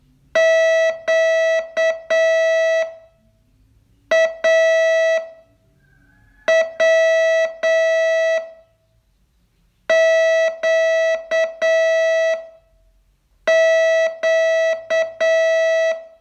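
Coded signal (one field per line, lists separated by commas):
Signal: Morse code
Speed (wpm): 8 wpm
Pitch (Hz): 650 Hz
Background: none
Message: QAWQQ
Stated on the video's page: Morse training lesson, day 30 of a 42-day course.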